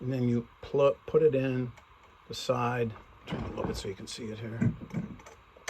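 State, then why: Seated. Someone talks while a bobbin case, held by its latch, is pushed in from the side into the shuttle race of a tilted-up New Home Model 552 sewing machine. A short, sharp snap is heard at 5.7 seconds as the bobbin case seats in the shuttle.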